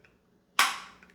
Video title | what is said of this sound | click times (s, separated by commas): Top 3 Tips For New Gun Owners | hear that click | 0.6 s